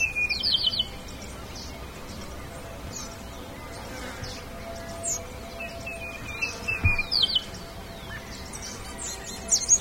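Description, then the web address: Bird calls: short high chirps and down-slurred notes in a few scattered bursts, separated by quiet stretches of faint background hum. "BIRD 2015 SABIOD 50 bird 2015"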